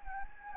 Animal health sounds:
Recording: mosquito wingbeat signal from an infrared sensor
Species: Anopheles gambiae

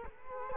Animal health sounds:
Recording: mosquito wingbeat signal from an infrared sensor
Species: Culex quinquefasciatus

